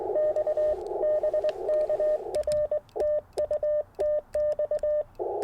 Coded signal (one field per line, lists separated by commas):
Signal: Morse code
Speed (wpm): 20 wpm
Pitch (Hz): 590 Hz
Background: radio noise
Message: X BK R TU TX